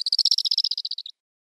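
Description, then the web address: Black kite nestling giving a rapid, dry chittering series of many even pulses lasting about a second. "Schulze Peter Black Kite nestling"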